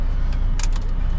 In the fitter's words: so you'll hear that click that means you've connected the Kingpin to the pin on the trailer